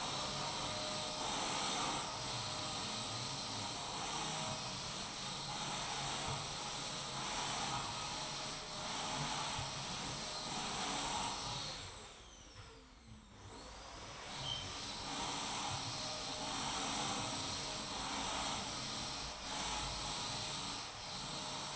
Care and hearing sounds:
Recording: daily activity, microphone in the room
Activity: vacuum cleaning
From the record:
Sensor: 1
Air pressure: 1002.0 hPa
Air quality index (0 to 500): 242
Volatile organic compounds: 47 ppm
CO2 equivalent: 3255 ppm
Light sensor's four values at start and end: 8/28/10/11 and 8/28/10/11

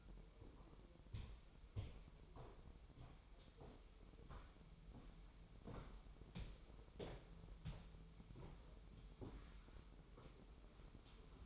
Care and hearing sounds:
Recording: daily activity, microphone in the room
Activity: walk to room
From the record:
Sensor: 1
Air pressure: 988.3 hPa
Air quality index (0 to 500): 199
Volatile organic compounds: 1000 ppm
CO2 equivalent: 5344 ppm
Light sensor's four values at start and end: 26/97/36/38 and 26/95/36/38

